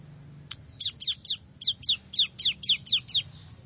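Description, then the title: Plain prinia song: a fast series of high, buzzy downslurred notes repeated about four times a second, ending abruptly. "Ciblek Sawah"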